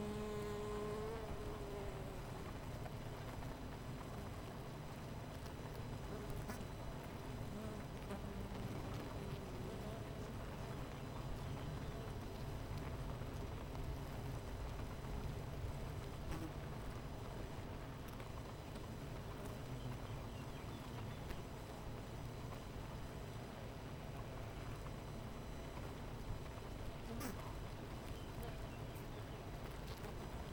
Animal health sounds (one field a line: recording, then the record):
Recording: honeybee colony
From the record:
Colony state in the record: missing queen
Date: 14 July 2017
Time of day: 10:38